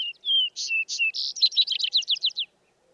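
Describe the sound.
Vesper sparrow song of paired sweet whistles, broader notes, then a long series of quick trilled notes.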